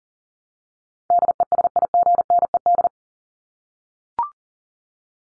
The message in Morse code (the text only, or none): DESIGNED